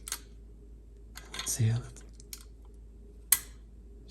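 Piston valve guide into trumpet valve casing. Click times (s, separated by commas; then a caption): 0.1 s. A piston valve is lowered into a trumpet valve casing and turned until its valve guide drops into the slot, giving a slight click at 0.1 s; the valve is seated and no longer twists. Someone talks briefly, and a few more faint clicks follow, with a sharp, louder click at about 3.3 s.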